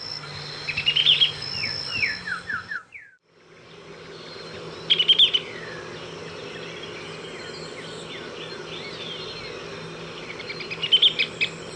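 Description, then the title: Bird song in short phrases of high whistled and trilled notes, bursts near the start, at about five seconds and again near the end, over a steady low hum. "LuckyPassaro"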